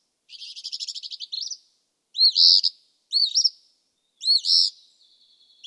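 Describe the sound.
Eastern Phoebe song opening with a fast stuttering buzzy trill, followed by three scratchy two-part fee-bee phrases with a trailing buzz.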